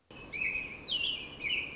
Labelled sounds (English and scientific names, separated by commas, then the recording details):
American Robin (Turdus migratorius)
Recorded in Sonoma County, California